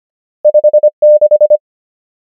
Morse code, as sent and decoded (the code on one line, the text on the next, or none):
..... / -....
5 6